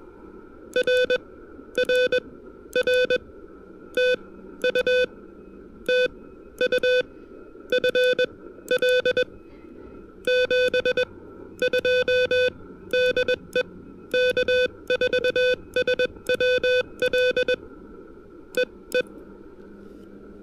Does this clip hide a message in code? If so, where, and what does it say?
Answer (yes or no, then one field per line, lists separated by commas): yes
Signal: Morse code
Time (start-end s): 0.8-19.0 s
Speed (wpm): 20 wpm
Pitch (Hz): 500 Hz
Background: music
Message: RRR TU TU FL 72 DE K4SWL E E